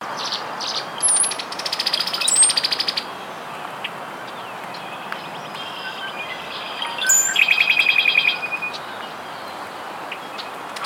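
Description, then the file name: Brown-headed cowbird song, gurgling pulsed phrases with high squeaky whistles, one burst early and another later, separated by several seconds of steady background noise. "Molothrus ater - Brown-headed Cowbird"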